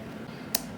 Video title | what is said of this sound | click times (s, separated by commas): Apple iPod Classic Repair Ep. 91: 5th gen Battery and Front Case Replacement | So you hear that click, the battery connector is up. | 0.6 s